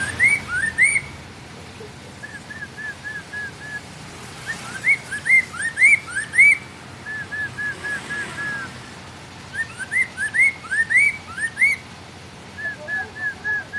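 Bird singing clear upslurred whistles in quick runs, mixed with lower flat whistled series and thin high twittering notes, pausing briefly between phrases.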